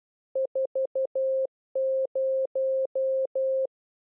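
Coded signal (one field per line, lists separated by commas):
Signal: Morse code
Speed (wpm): 12 wpm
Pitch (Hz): 530 Hz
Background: none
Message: 40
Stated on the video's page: Morse code lesson teaching the characters 4 and 0.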